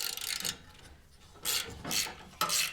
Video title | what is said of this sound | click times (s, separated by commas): Rebuilding My WRECKED Toyota Tacoma! (Part 2) | to where it'll pop into place. There we go. | 2.4 s